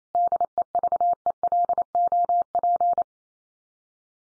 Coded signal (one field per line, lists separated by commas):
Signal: Morse code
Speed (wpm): 28 wpm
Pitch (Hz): 700 Hz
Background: none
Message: DEVELOP